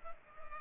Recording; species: mosquito wingbeat signal from an infrared sensor; Culex pipiens